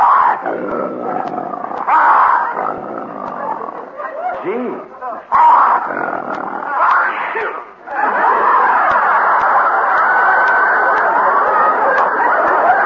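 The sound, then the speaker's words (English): A lion in captivity roars in loud, rough growling bursts, ending in a long, sustained roar. A short spoken exclamation comes between the bursts. “Rex, the king of the jungle. The most ferocious lion in captivity.”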